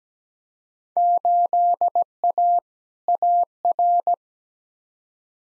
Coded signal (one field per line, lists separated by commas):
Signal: Morse code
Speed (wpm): 17 wpm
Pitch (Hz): 700 Hz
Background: none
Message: 8A AR